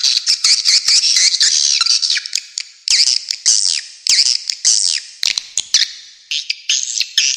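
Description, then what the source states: Swiftlet chirps in quick twittering phrases, mixed with sharp clicks. Clean, clear calls.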